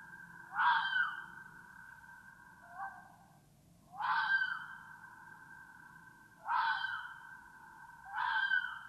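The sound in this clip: Red fox letting out four long, raspy screams at irregular intervals, each starting sharply, plus one short weaker cry between the first two.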